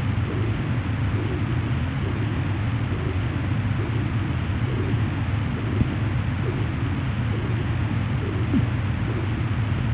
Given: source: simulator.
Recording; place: transcranial Doppler ultrasound of blood flow; internal carotid artery (ICA)